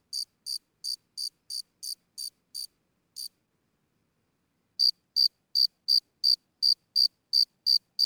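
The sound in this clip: Grasshopper: high, clipped chirps from a grasshopper, slowing slightly before a pause of over a second, then a louder run of evenly spaced chirps.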